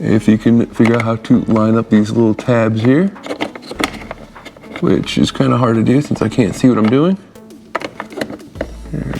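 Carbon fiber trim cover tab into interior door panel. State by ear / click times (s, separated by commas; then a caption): seated / 7.8 s. A contoured carbon fiber door handle bowl cover for a 2016+ Camaro is lined up by feel, without sight, so its small tabs meet the plastic interior door panel, and one tab is pushed home. Someone talks while working, then a sharp click comes at 7.8 s, followed by a few softer clicks. The first tab seats into the door panel.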